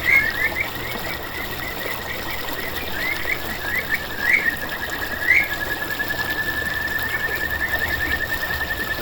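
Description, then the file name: Kajika frog call: soft pulsed trilling with a few sharp rising chirps, then a smoother steady trill, all fairly quiet beneath background hiss. "buergeri"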